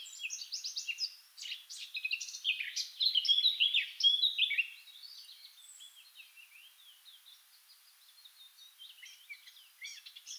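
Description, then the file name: Eurasian blackcap song, a fast, scratchy warble of varied high notes, loudest and richest in the first half, then softer twittering phrases trailing off toward the end. "Sylvia atricapilla"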